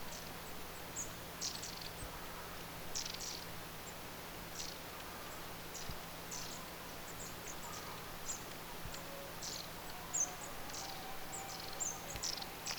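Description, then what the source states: Long-tailed tits giving many soft buzzy notes and occasional high thin calls throughout, over a steady low hum and background hiss. Recorded 14 October 2024; several long-tailed tits.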